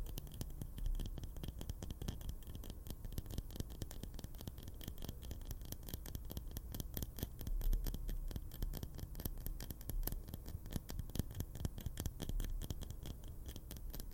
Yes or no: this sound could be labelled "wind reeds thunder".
no